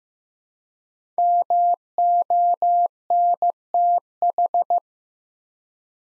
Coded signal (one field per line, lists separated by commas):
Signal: Morse code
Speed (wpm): 15 wpm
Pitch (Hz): 700 Hz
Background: none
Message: MONTH